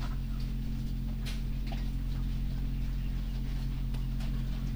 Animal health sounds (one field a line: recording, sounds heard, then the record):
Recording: poultry house recording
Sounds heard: sick chickens (respiratory disease)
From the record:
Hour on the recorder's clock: 23